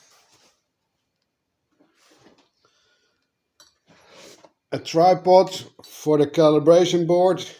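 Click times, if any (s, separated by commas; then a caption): none. A small tripod for the calibration board of a Revopoint Trackit 3D scanner is handled, with a tripod leg or mount meant to click into the tripod body. Faint rustling and a few brief, quiet taps are heard before someone talks. Nothing has seated or clicked yet.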